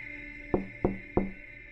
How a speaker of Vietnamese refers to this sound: Có tiếng gõ cửa.